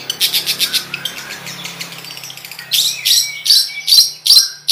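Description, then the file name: Long-tailed shrike song: a run of quick high chirps, then louder harsh, squeaky phrases in the last two seconds, with a low hum under the first part. "suara-cendet-versi-4"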